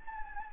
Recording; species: mosquito wingbeat signal from an infrared sensor; Anopheles gambiae